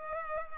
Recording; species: mosquito wingbeat signal from an infrared sensor; Culex pipiens